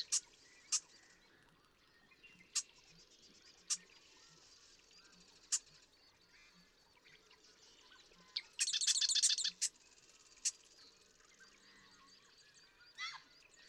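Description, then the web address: Marsh Wren song: one short rattling burst amid sparse sharp ticks, against a steady faint background hiss. "birdsongforthecurious Marsh Wren"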